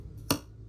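A steel screw is turned counterclockwise in the aluminum threaded hole of a Vannystyle Mini quad drone frame, and the thread start drops into position with one short, sharp click at 0.3 s over a quiet background. The screw is seated at its thread start, ready to be tightened clockwise for an easy turn without cross-threading.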